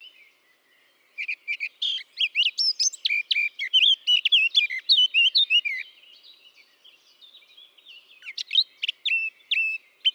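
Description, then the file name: Eurasian blackcap song: a fast, varied warbling phrase of scratchy and clear notes from about one to six seconds, then a second burst begins near eight seconds. "Sylvia atricapilla"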